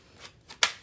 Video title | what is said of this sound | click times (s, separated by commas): Too Cool Stamping LIVE Class Christmastime Is Here | we go you heard that and it snaps into place at the bottom so it holds really nicely | 0.6 s